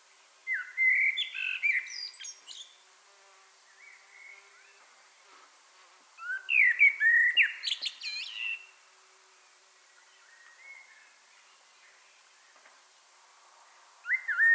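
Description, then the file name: Common blackbird singing two mellow whistled phrases trailing into squeaky twittering, separated by a quiet pause, with another phrase starting at the very end. "Turdus merula"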